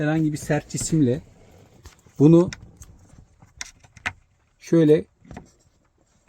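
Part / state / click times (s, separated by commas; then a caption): plastic sunshade clip into headliner slot / seated / 3.6 s. A plastic sunshade clip on a 2009 Honda CR-V is levered with a knife or other hard tool and forced into its slot in the headliner while someone talks. A sharp click at 3.6 s marks the clip seating in the slot.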